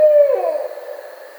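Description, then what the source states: Barred owl hoot caught already underway, a level note that drops and fades away. Recorded 10 May 2009.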